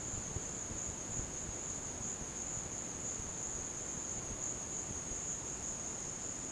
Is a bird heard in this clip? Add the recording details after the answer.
no. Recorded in dense forest near Puerto Asís, Putumayo, Colombia, on 12 March 2025 at 16:00. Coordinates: 0.486, -76.317. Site G053